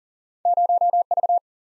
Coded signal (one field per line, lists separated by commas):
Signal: Morse code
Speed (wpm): 54 wpm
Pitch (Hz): 700 Hz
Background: none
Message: 0V